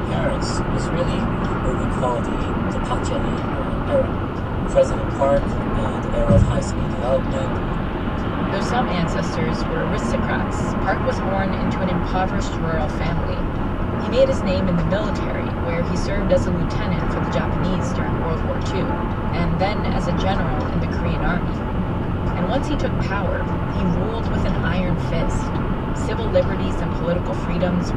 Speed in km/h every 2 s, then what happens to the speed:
116, 116, 116, 116, 114, 114, 114, 114, 114, 116, 116, 116, 119, 121.
0-28 steady at about 116.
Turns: none.